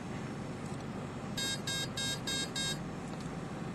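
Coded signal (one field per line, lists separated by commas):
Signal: beep code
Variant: brushless RC ESC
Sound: five short buzzy electronic beeps in quick, even succession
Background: background hum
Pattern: 5 short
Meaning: Programming step five: throttle response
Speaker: so that's five tones step five missing from the [Music] instructions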